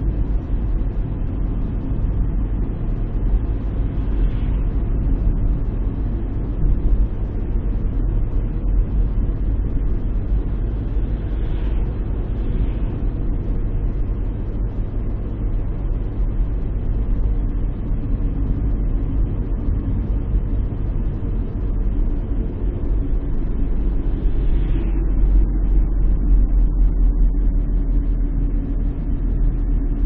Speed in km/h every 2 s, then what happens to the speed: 40, 41, 40, 40, 40, 41, 40, 39, 39, 39, 38, 36, 33, 30, 30.
0-19 steady at about 40. 19-30 slows to 30.